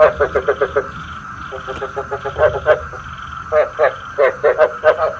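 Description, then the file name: Frog calls as rapid runs of clipped croaks, one quick series, a brief lull, then irregular grouped croaks resuming. Frog mating calls. "Tieng ech keu bat cap"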